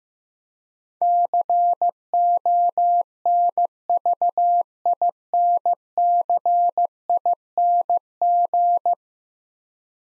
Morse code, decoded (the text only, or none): CONVINCING